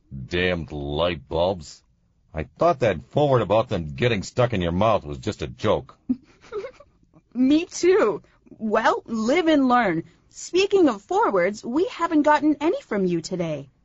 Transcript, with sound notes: Damned light bulbs-I thought that forward about them getting stuck in your mouth was just a joke.
[Tries not to laugh] Me, too. Well, live and learn. Speaking of forwards, we haven't gotten any from you today.